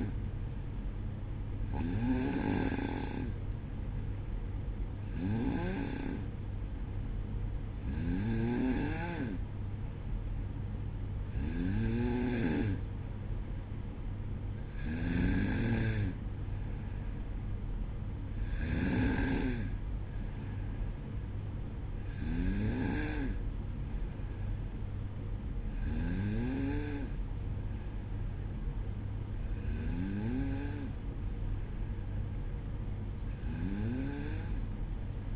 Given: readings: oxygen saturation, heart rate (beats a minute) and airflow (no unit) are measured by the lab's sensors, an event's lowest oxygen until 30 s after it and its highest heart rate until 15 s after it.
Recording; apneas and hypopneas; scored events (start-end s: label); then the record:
breathing in sleep by a smartphone at the bedside; none
none scored
From the record:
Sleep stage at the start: N2 (light sleep); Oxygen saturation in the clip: 92 to 94%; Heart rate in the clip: 59 to 62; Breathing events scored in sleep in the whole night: 305 in 9.6 hours asleep